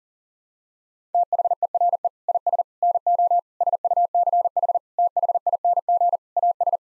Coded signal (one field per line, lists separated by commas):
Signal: Morse code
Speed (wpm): 40 wpm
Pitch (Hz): 700 Hz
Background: none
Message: THERE IS NO SUCH THING AS